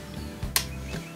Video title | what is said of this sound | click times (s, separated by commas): What's Under the Frunk of a Tesla Model 3 Tutorial - How to Change 12v Battery | you go just snaps right in | 0.6 s